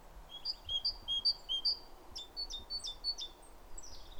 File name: Parus major